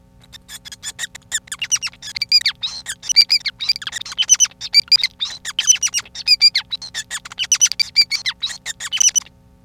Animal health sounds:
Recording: song of a male Bengalese finch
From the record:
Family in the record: son of father 5

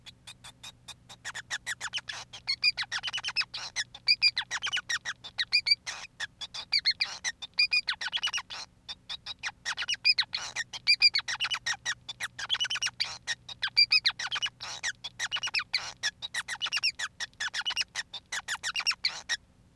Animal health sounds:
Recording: song of a male Bengalese finch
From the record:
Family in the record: son of father 5

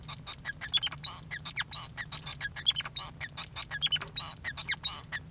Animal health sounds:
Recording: song of a male Bengalese finch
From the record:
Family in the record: son of father 5

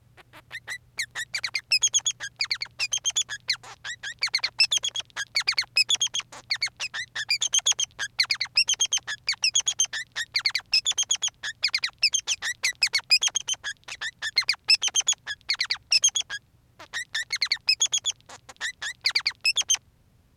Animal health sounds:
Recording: song of a male Bengalese finch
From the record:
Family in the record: son of father 3

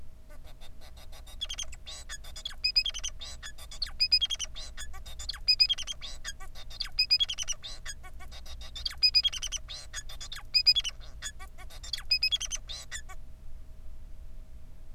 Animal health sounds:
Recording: song of a male Bengalese finch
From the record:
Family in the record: son of father 4

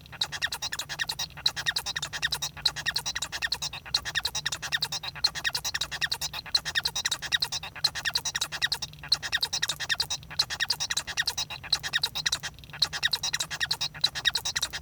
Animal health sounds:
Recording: song of a male Bengalese finch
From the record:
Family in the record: son of father 1

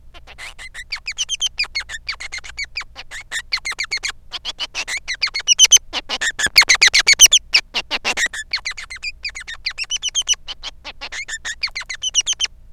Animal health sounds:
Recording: song of a male Bengalese finch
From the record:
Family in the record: son of father 3

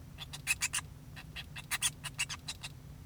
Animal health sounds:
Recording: song of a male Bengalese finch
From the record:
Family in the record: son of father 2

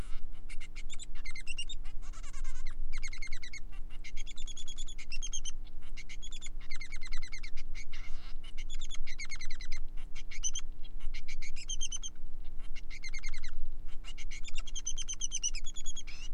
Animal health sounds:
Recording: song of a male Bengalese finch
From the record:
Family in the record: son of father 3

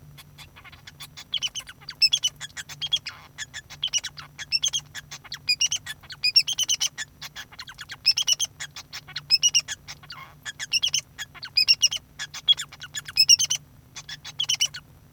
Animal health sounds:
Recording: song of a male Bengalese finch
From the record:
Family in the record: son of father 2

